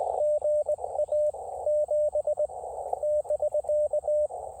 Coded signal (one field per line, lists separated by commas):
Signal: Morse code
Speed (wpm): 20 wpm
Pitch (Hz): 590 Hz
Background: radio noise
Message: GA 7 <BK>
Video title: Can this antenna POTA? 📶17’ RandoWire QRP antenna 📡